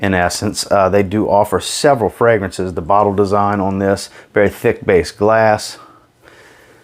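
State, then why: Seated. Someone talks while a cap is pressed onto a 75 milliliter (2.5 ounce) Banana Republic fragrance bottle with a very thick glass base. The cap clicks into place at 6.3 s and is seated, very heavy duty.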